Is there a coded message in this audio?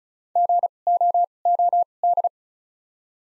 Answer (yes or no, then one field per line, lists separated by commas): yes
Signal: Morse code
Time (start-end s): 0.4-2.3 s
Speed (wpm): 34 wpm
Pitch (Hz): 700 Hz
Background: none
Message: G O O D